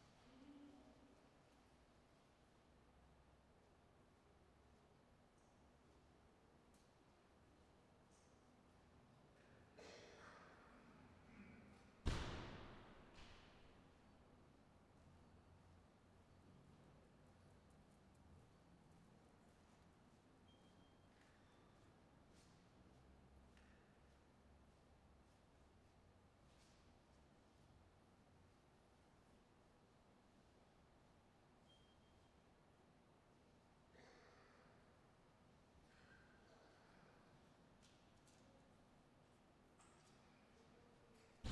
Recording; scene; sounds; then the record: everyday scene through a hearing-aid microphone; reverberant space; background noise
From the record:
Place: railway station hall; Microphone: behind the ear, right, front